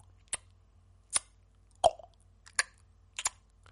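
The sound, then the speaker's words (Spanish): A person attempts the tongue click consonants of the Xhosa language, which has three clicks, making a series of about six sharp clicks, crisp and bright, spaced irregularly with brief pauses between them and no talking. “A ver, que voy a intentar hacerlo con los clics, que me acuerdo. Los Cosa tienen tres clics, que son...”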